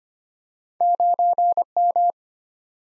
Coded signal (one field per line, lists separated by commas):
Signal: Morse code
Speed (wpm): 25 wpm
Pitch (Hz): 700 Hz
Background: none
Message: 9M